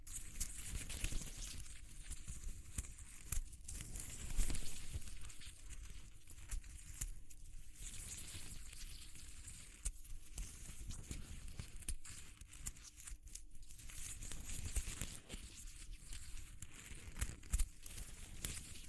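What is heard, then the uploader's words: Textured handling sounds fill the clip: a dense, constant crackle and crinkle like material being crumpled and rubbed, with quick ticks and small pops scattered throughout. The level stays fairly even, with a low hum underneath and a brief swell around four seconds. ASMR Exploring Textures (No Talking).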